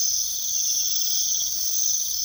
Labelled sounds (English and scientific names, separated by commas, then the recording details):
none
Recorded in secondary vegetation near Puerto Asís, Putumayo, Colombia, on 21 February 2024 at 03:30
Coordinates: 0.500, -76.326
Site G6428